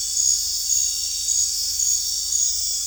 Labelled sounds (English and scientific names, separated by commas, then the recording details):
none
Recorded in dense forest near Puerto Asís, Putumayo, Colombia, on 20 December 2024 at 20:30
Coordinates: 0.467, -76.328
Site GP05